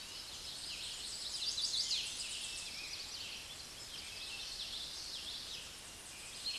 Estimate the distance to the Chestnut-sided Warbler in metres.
about 20 m